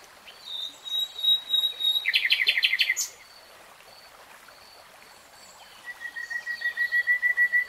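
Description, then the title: Nightingale song: a fast buzzy trill of repeated notes around two seconds in, a pause, then a series of pure whistled notes growing louder. Nightingale singing in real time. "[Tiếng chim hót] 3 Hours REALTIME Nightingale Singing"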